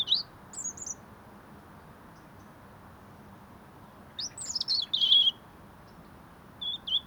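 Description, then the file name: European robin singing high, thin, warbling phrases: a short one at the start, a longer tumbling phrase midway, then a brief sweet note near the end, over soft steady background hiss. "Erithacus rubecula"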